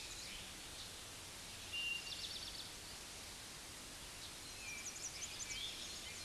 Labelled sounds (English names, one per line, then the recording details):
Eastern Towhee song
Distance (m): 45 m
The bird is about 5 m above the microphone
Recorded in a Pennsylvania forest on 16 May 2024 at 06:30
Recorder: AudioMoth, point MSD-1307
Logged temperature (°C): 16.6 °C
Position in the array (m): 230 m, 166 m